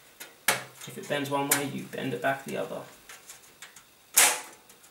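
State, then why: Seated. Someone talks while a metal I/O shield is pushed in from the back of a PC case into its rear opening, with a sharp knock near 0.5 s and a few faint taps after the talk. The shield snaps into place with a bright click at 4.2 s and is seated.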